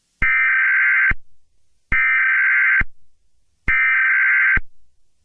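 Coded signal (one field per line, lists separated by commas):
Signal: Emergency Alert System (SAME) tones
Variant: header bursts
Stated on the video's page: Fictional alert tones in an Among Us-themed EAS scenario.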